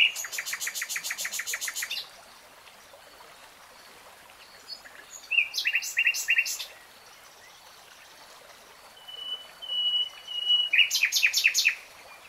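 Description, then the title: Nightingale song in separate phrases: a fast two-tone rattle, a pause, a short burst of clipped notes, another pause, then a thin whistle leading into a vigorous repeated rattle. Singing, recorded in real time; a three-hour recording. "[Tiếng chim hót] 3 Hours REALTIME Nightingale Singing"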